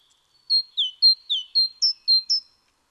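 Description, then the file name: Great tit song: a short run of eight clear notes, mostly level whistles with a couple of falling ones, evenly paced. "Parus major"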